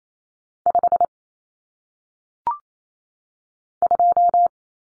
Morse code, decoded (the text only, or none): 5 2